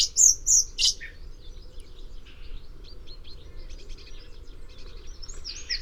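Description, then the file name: Common blackbird calls: three sharp, high clipped notes in quick succession, then fainter high chips and a low steady background hum. "Turdus merula"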